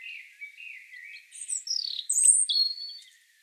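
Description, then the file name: European robin starting with soft, lower drawn notes, then rising to sharp, high sliding whistles and a steady high note. "Erithacus rubecula"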